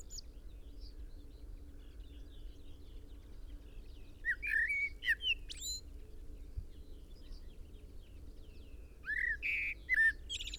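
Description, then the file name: Common blackbird singing mellow whistled phrases with twittering high ends, one burst near the middle and another toward the end, steady low background hum. "Turdus merula"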